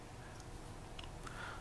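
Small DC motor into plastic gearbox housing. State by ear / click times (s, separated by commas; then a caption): seated / 1.0 s, 1.3 s. A small DC motor is slid into a plastic hobby gearbox housing over a steady low hum, and the stop catch clicks over it with sharp clicks at 1.0 s and 1.3 s. The motor is seated in place.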